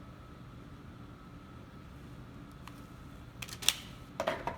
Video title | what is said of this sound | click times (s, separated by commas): Great Basin Scientific - SBPP Workflow procedure | once the card is loaded you close the cartridge audible snap and then your card is ready to load | 3.7 s